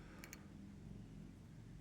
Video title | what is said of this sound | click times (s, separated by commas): My Moto Camping Hammock | tighten down neck down shape in the throat of it here so it snugs down and kind of snaps in place | 0.2 s, 0.3 s